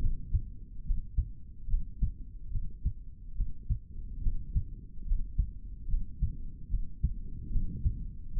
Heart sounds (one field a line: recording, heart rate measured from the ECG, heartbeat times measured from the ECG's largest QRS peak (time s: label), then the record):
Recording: heart sounds by stethoscope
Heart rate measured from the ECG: 72 bpm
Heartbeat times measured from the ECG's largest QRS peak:
0.84 s: heartbeat
1.67 s: heartbeat
2.51 s: heartbeat
3.35 s: heartbeat
4.21 s: heartbeat
5.05 s: heartbeat
5.87 s: heartbeat
6.69 s: heartbeat
7.50 s: heartbeat
8.31 s: heartbeat
From the record:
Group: healthy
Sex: male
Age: 55 years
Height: 167 cm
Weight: 57.2 kg